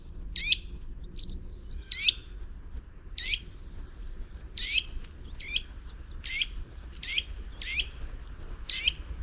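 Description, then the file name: Eurasian nuthatch calls, sharp high notes dropping in pitch, repeated throughout, with a low rumble of background noise. "Sitta europaea"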